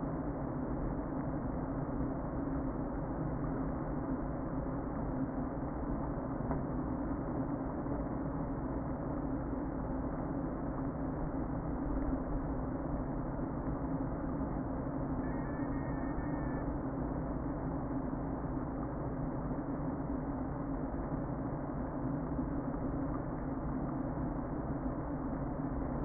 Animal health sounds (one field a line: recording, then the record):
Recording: honeybee colony, microphone inside the hive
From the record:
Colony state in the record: queen present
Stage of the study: before two queens were removed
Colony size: about 60,000 bees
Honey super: yes